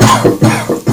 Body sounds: coughing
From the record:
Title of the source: Cough Around the Clock!

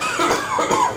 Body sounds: coughing mixed with background sound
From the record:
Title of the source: Spring Cold Coughing 2

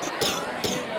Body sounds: coughing mixed with background sound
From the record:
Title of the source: Wet coughing

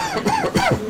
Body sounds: coughing mixed with background sound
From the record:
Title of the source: Dry Coughing Fit in the Afternoon.

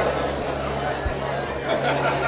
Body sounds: background sound without coughing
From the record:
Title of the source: CITY SOUNDS Busy Bar in the Evening Night - 2 HOURS of Ambiance for Relaxation

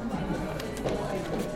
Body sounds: background sound without coughing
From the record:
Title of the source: 60 minutes of coffee shop sounds for study and concentration

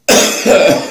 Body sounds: coughing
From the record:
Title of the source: Spring Cold Coughing 3

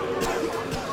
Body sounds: coughing mixed with background sound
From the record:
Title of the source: Coughing 51

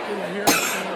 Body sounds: coughing mixed with background sound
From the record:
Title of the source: 64 coughing, allergies, singing lungs

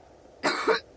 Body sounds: coughing mixed with background sound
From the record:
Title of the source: choking, hacking coughing

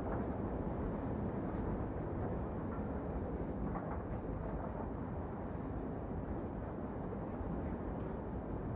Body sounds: background sound without coughing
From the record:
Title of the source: Train Ride Ambience ambient white noise for sleeping, focus, studying, reading

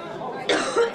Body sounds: coughing mixed with background sound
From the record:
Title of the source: female coughing - coughing sound effects girl

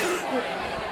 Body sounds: coughing mixed with background sound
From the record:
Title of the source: 34 coughing up crap again

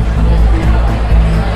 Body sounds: background sound without coughing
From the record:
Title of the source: Party Noise 1 Hour Party Ambience

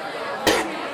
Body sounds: coughing mixed with background sound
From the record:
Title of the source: 61 morning phlegmy cough...again

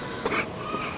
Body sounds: coughing mixed with background sound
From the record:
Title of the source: 31 night wet cough

